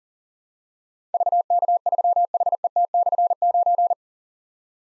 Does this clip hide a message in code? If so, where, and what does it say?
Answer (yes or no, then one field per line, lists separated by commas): yes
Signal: Morse code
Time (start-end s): 1.1-3.9 s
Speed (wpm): 39 wpm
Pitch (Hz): 700 Hz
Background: none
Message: VK3HET/9